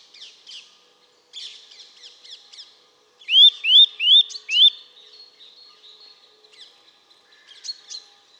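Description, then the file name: Eurasian nuthatch calling: soft high chips at first, then four loud upslurred whistles in quick succession, followed by quieter thin high notes. "Sitta europaea"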